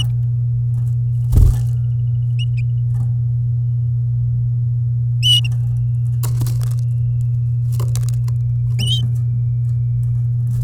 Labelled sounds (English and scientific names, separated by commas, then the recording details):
Domestic Canary (Serinus canaria) song
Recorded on 10 May 2018 at 09:58
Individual llb16